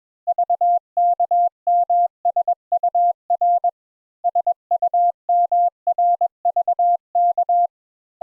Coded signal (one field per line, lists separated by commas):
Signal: Morse code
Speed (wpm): 21 wpm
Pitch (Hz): 700 Hz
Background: none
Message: VKMSUR SUMRVK